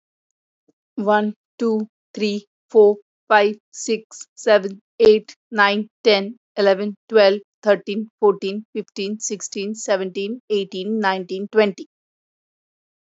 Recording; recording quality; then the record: counting at a normal pace; excellent, no background noise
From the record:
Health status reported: healthy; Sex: female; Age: 42 years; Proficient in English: yes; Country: India